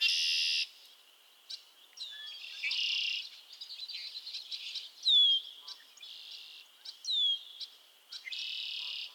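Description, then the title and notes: Frog chorus with loud buzzy trills bursting in every few seconds over a continuous high drone, mixed with short descending whistled notes. Chorus of frogs calling to one another on a summer evening at Miners Marsh, Annapolis Valley, Nova Scotia. "Theraphonia - Frogsong at Miners Marsh. A chorus of frogs croon to one another on an idyllic summer evening in Miners Marsh, Annapolis Valley, Nova Scotia"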